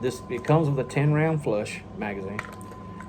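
Someone talks while handling a 10-round flush rotary magazine at the magazine well of a Ruger 10/22 .22 semi-auto rifle, about to push it in until it latches. The clip ends just before the magazine goes home, so nothing has seated or clicked yet.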